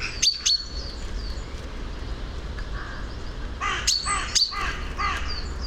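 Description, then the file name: Common chaffinch giving short high notes and a few buzzier notes, with sharp clicks near the start and middle. "Fringilla coelebs"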